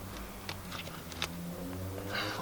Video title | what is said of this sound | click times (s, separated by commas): DIY Spark Plug Replacement 2019 Mercedes GLA250 | Put this on till it clicks like that. | 1.2 s